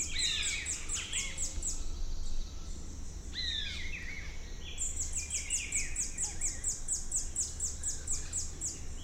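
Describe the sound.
Rufous-throated sapphire calls: quick runs of very high, thin ticking notes in repeated bursts, with lower slurred whistles and a steady low background hum.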